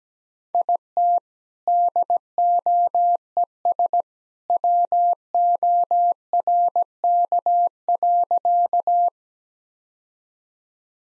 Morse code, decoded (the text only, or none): IT DOES WORK.